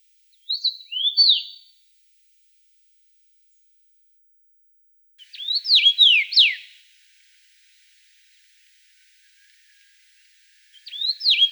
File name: Pticy Rossii - Obyknovennaya chechevica Carpodacus erythrinus